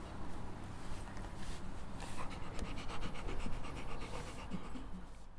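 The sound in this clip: Dog panting softly, fast rhythmic breathy puffs running through the whole stretch over faint low noise.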